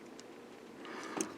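A plastic armor post is pushed into the chest socket of a Power of the Primes Deluxe Class Dreadwind robot toy, with quiet plastic rubbing and a faint tick near 0.2 s as it is worked in. A sharp, loud snap lands at 1.2 s as the armor post seats firmly in the chest.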